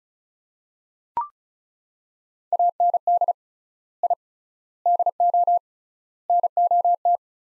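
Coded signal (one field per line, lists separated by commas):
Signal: Morse code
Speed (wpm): 34 wpm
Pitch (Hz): 700 Hz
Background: none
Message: AND I DO NOT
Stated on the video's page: Morse practice of five-word sets at 35wpm with 3x word spacing, a Farnsworth-like method, each set sent in Morse before being spoken.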